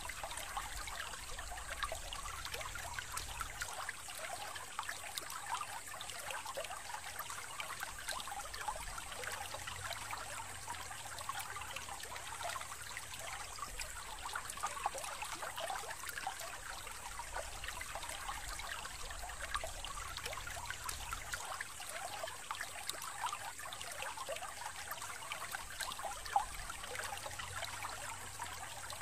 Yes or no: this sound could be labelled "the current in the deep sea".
yes